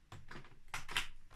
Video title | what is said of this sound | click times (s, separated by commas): Unboxing Shark Vacuum Cleaner NV601-UK (plus short product test) | piece clearly fits on there there's just locks | 0.7 s